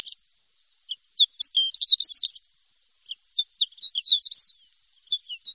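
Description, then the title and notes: Bird song in scattered short bursts of high, jumbled twittering notes separated by brief silences. "Bird Sound. Kicau Burung Lengkap"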